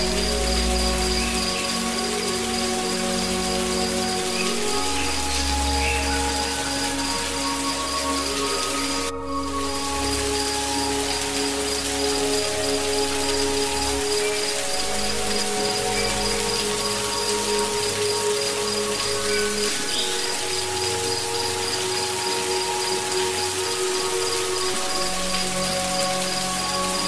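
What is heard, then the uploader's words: Steady, dense rushing water in a jungle fills the clip, with sustained insect-like tones layered over it and a brief dip near nine seconds. The Soothing Nature Sounds of a Jungle Waterfall. Costa Rica.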